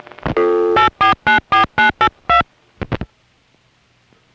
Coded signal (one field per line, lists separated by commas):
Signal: DTMF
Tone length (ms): 130 ms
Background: music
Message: 8494982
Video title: Southern California Phone Tapes 1: #5 Crossbar in Van Nuys, Summer 1974